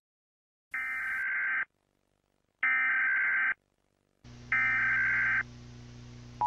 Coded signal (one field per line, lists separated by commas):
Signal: Emergency Alert System (SAME) tones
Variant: header bursts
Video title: [EAS Scenario] - World War Z